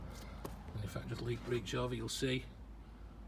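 A third-row folding seat in the boot of a Ford S-Max 2.0TDCi Titanium is pulled up one-handed from the boot floor while someone talks. A short, sharp hit sounds at 0.5 s as the seat locks into place upright.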